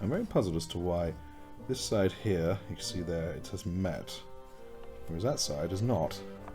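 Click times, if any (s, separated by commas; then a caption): none. Someone talks over background music while handling two plastic miniature kit parts of a Primaris Invader ATV model, one side already meeting while a gap remains on the other side that is meant to be closed. Brief sharp sounds occur at 6.5 s and 6.6 s, but nothing has seated or clicked yet.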